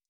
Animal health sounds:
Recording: hydrophone in a shrimp aquaculture tank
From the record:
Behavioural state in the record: stressed

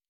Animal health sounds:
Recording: hydrophone in a shrimp aquaculture tank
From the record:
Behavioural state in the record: normal

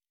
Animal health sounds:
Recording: hydrophone in a shrimp aquaculture tank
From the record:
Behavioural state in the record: normal

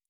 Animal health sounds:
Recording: hydrophone in a shrimp aquaculture tank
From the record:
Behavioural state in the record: normal

